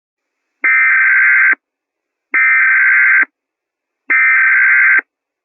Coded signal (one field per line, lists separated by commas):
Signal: Emergency Alert System (SAME) tones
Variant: header bursts